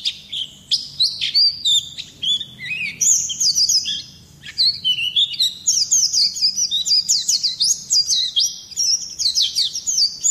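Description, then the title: White-eye giving an extended high-pitched warbling song, chattering notes rising and falling quickly in dense, busy phrases. Local name pleci; labelled ngalas. "Pleci. Placi Ngalas"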